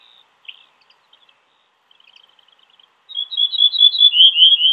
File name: Ortolansparv